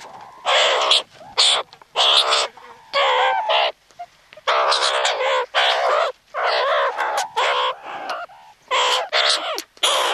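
Meerkat calls: loud, rough, harmonic squawks in bursts of roughly half a second to a second, repeated with short pauses.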